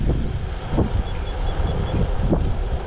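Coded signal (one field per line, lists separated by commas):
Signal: none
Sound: self-balancing scooter's beeps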